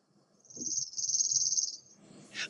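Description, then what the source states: Chipping sparrow song: a rapid, high trill of many identical notes lasting over a second, followed by a brief high burst. Song is a trill of a series of notes; the notes themselves, not their frequency, seem to carry information.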